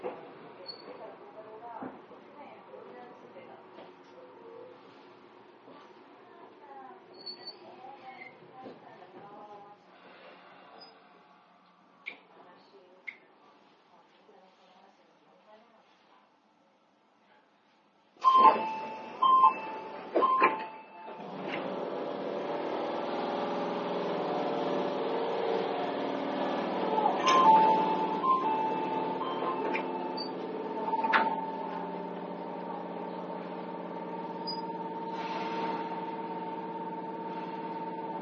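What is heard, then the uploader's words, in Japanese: An Izukyu 8000 series train on the Izukyu line. A quiet stretch with murmuring voices and scattered clicks gives way near 18 seconds to a few sharp loud bursts, then a steady, louder running rumble with a sustained motor whine that continues to the end. 伊豆急8000系 伊豆急下田〜伊東。伊豆急行線の全区間の録音です。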